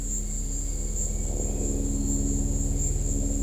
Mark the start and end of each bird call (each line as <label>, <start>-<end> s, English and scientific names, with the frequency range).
Bright-rumped Attila (Attila spadiceus) (1.6-3.2 kHz), 0.15-1.85 s